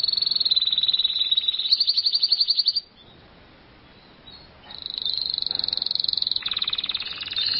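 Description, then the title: Canary song: two quick, high trilled phrases separated by a pause of nearly two seconds. "Kenari"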